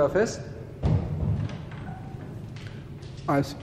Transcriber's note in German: vermutlich wird eine Holztür geöffnet und geschlossen